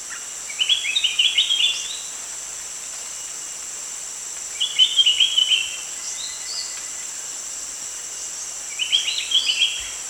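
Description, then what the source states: Spectacled bulbul calling in three short bursts of rapid bubbly chirps, roughly every four seconds, against a constant high-pitched insect hum. Recorded at Danum on 1 January 2008.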